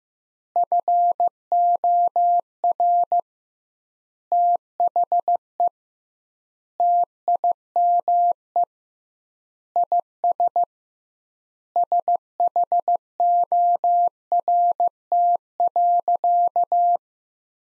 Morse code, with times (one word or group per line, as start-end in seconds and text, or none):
0.6-3.2 FOR
4.3-5.7 THE
6.8-8.6 TIME
9.8-10.6 IS
11.8-17.0 SHORT.